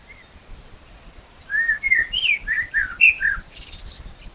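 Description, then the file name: Common blackbird singing after a quiet start, with rich fluted whistles rising and falling, then a brief high scratchy twitter near the end. "Turdus merula"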